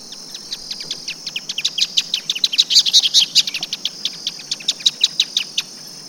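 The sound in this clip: Band-tailed hornero giving a rapid, piercing chatter of repeated high notes, building to a loud peak midway before tapering.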